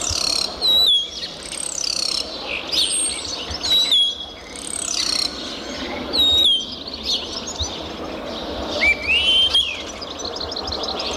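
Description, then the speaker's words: Spotless Starling song, a varied run of high slurred whistles, rising and falling swoops and scratchy clicks, broken by short pauses. "Saudações ambientais dos amigos do Caster e ouça o canto do estorninho preto."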